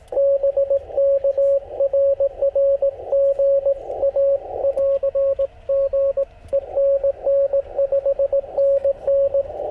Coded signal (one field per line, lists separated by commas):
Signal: Morse code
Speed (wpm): 19 wpm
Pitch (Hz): 560 Hz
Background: radio noise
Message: BK RR GA <AR> GE NN 5NN